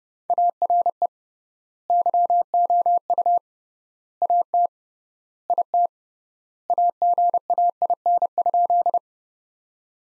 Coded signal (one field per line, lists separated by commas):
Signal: Morse code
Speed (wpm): 29 wpm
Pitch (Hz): 700 Hz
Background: none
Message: ARE YOU AT IT AGAIN?